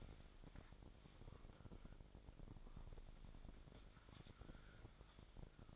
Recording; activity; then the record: daily activity, microphone in the room; wipe stove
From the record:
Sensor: 5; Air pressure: 1001.7 hPa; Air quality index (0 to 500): 176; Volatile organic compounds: 10 ppm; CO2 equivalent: 2252 ppm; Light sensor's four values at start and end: 23/78/29/30 and 23/80/30/31